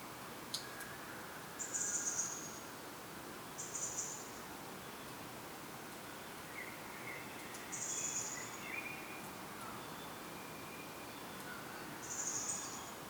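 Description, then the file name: European robin giving thin, high, slightly buzzy calls, each about half a second, four spaced several seconds apart over a steady soft background hiss. "Erithacus rubecula"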